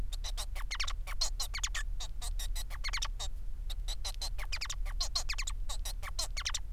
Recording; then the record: song of a male Bengalese finch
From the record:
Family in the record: son of father 4